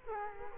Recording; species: mosquito wingbeat signal from an infrared sensor; Culex quinquefasciatus